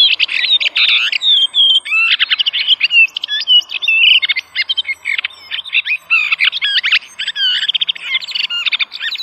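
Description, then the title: Thrush song running as a rapid, continuous stream of whistles, slurs and twittering notes, loud and varied throughout. "Familia Turdidae - Sabia"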